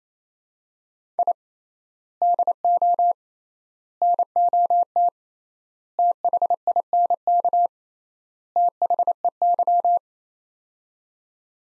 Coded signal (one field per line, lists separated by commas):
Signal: Morse code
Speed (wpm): 28 wpm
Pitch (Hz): 700 Hz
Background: none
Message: I DO NOT THINK THEY